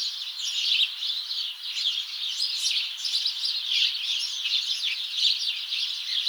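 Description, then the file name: House sparrows giving a thick mass of chirps and squeaky notes, some louder single chirps standing out above the ongoing chatter. "Passer domesticus"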